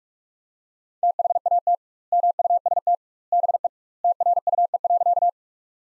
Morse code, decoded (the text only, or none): THAT MUST BE TRUE.